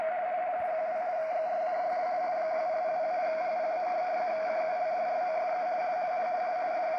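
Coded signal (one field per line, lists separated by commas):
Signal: RTTY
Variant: 50 baud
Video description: Seewetterbericht vom Deutschen Wetterdienst in Pinneberg - DDH47 - 147,3 kHz auf der Langwelle in RTTY 50 Baud.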